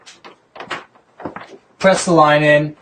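A plastic water supply tube is handled and lined up at the push-to-fit port of an RO filter, with short bursts of sound and someone talking. Nothing has been pressed in or clicked into place yet.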